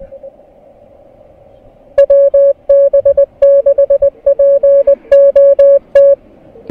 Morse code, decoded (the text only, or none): WB6POT